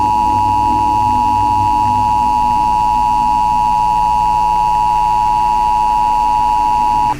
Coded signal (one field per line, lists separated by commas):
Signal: Emergency Alert System (SAME) tones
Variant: 853 and 960 Hz attention tone